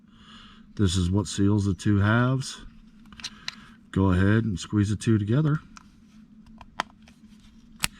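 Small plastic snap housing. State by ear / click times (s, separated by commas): seated / 6.8 s, 7.8 s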